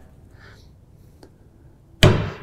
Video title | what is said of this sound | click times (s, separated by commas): How to Install Poly Cart on John Deere Mower | and just click it down into place just like that we just want to make sure that | 2.0 s